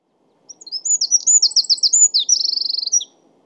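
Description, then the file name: Eurasian wren song, a fast, loud, high-pitched burst of sharp notes and rapid trills lasting about two and a half seconds, then silence. "Troglodytes troglodytes"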